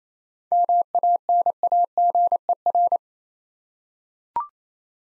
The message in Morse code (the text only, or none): MANAGER